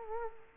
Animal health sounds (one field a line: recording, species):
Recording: mosquito wingbeat signal from an infrared sensor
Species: Culex quinquefasciatus